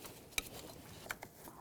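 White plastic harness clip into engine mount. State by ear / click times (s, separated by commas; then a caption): seated / 0.4 s. A white plastic harness clip is pressed into its engine mount while replacing the passenger side valve cover on a 2007-2017 Ford Expedition. It snaps sharply into place at 0.4 s and is seated, followed by two fainter ticks near 1.1 s and 1.2 s.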